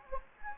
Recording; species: mosquito wingbeat signal from an infrared sensor; Anopheles gambiae